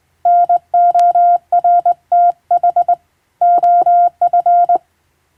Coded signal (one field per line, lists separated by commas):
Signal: Morse code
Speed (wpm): 20 wpm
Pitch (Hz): 700 Hz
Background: none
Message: NORTH OF